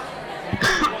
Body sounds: coughing mixed with background sound

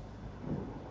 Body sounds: background sound without coughing

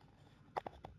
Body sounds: background sound without coughing

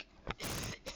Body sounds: coughing mixed with background sound

